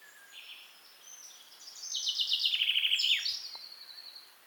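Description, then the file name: Common chaffinch song: a bright trill of repeated notes sliding lower, closing with a quick terminal flourish; a faint click follows. "Fringilla coelebs"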